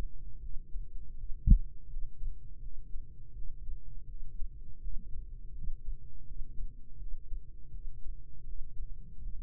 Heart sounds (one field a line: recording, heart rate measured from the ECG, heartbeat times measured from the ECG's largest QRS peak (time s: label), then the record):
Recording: heart sounds by microphone in the right ear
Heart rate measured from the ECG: 82 bpm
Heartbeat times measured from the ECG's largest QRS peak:
0.40 s: heartbeat
1.15 s: heartbeat
1.88 s: heartbeat
2.60 s: heartbeat
3.33 s: heartbeat
4.06 s: heartbeat
4.80 s: heartbeat
5.53 s: heartbeat
6.25 s: heartbeat
6.98 s: heartbeat
7.71 s: heartbeat
8.45 s: heartbeat
9.19 s: heartbeat
From the record:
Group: healthy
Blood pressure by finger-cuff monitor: 106/74 mmHg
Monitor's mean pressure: 86 mmHg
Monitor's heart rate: 82 bpm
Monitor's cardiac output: 4.8 L/min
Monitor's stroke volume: 58 mL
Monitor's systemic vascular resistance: 1330 dyn s/cm5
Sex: female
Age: 51 years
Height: 162 cm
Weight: 70.04 kg